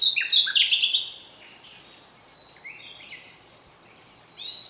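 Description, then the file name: Common nightingale song opening with loud rapid chattering and whistled notes, followed by softer scattered whistles and a brief phrase near the end. "Luscinia megarhynchos"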